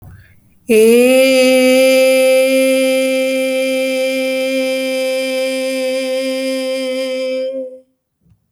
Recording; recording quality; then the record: sustained vowel as in made; excellent, no background noise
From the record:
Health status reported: healthy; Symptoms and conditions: cough, diabetes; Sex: female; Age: 38 years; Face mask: not worn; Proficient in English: yes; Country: India